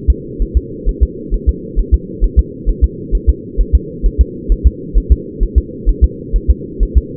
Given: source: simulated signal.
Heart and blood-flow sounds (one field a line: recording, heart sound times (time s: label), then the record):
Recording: fetal heart sounds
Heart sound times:
0.10 s: S2
0.42 s: S1
0.57 s: S2
0.89 s: S1
1.03 s: S2
1.34 s: S1
1.49 s: S2
1.79 s: S1
1.94 s: S2
2.24 s: S1
2.39 s: S2
2.69 s: S1
2.84 s: S2
3.15 s: S1
3.30 s: S2
3.61 s: S1
3.75 s: S2
4.06 s: S1
4.21 s: S2
4.52 s: S1
4.67 s: S2
4.98 s: S1
5.12 s: S2
5.43 s: S1
5.58 s: S2
5.89 s: S1
6.04 s: S2
6.36 s: S1
6.51 s: S2
6.83 s: S1
6.98 s: S2
From the record:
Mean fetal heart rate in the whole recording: 130 bpm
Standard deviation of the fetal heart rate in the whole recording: 2 bpm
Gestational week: 36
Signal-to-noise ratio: -4.1 dB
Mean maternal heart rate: no maternal heart sound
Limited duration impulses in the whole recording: absent